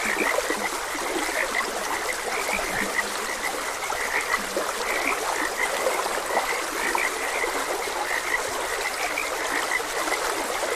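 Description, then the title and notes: Frogs croaking in a dense chorus of short, rapid notes, with a thin high peeping band above, over the steady rush and trickle of a stream. Frogs croaking beside a gentle stream. "Gentle Stream and Frogs Croaking. Sleep and Relaxation Podcast"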